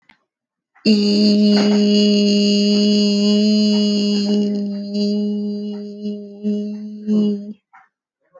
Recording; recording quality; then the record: sustained vowel as in beet; excellent, no background noise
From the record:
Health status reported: healthy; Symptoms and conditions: none ticked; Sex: female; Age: 36 years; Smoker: not ticked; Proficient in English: yes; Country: United States